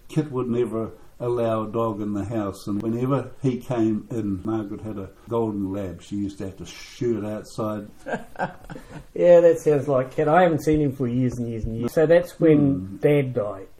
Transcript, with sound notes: Kit would never allow a dog in the house, and whenever he came in – Margaret had a golden lab – she used to have to shoo it outside. [Chuckle] Yeah, that sounds like Kit – I haven’t seen him for years and years and years. So that’s when Dad died.